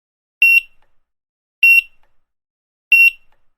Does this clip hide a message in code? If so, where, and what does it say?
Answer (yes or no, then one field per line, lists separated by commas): no